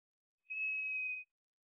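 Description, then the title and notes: Varied thrush holding one flat, vibrating whistle for nearly eight tenths of a second, clean with no background sounds. Odd song like warming-up practice, perhaps a juvenile or immature bird; Pacific Northwest, Washington, United States; parabolic single-species recording, processed for clarity. "BIRDSong Thrushes And Allies - Varied Thrush - Immature. Varied Thrush, Ixoreus naevius, song, odd, like warming-up practice, perhaps juvenile. Recorded in the beautiful Pacific Northwest, Washington, United States"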